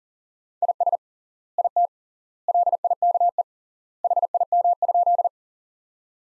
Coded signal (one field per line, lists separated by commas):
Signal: Morse code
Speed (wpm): 40 wpm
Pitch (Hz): 700 Hz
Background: none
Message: IS IT LIKE HIM?